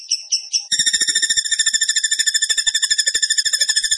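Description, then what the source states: Bird song: a few quick high notes, then an unbroken fast trill of buzzy, ringing repeated pulses. Bird song in the tembakan gacor style, used as masteran (training for other birds).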